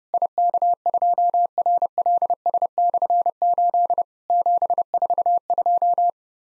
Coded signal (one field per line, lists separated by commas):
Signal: Morse code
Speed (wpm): 30 wpm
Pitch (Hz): 700 Hz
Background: none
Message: IK2RLS/8 742